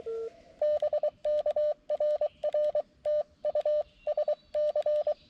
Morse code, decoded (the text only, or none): BK RR TU SC